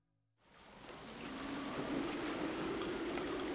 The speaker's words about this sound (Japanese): 雨水はじりじりと水位を上げ、俺たちは荷物の上に登ってそれをやり過ごしている。